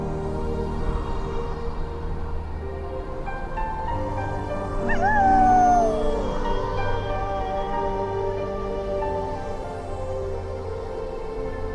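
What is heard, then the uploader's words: A wolf howl rises and slides downward around five seconds, over a steady bed of sustained low musical tones and soft swells. Sound Of The Wolves. Music and Nature Sounds.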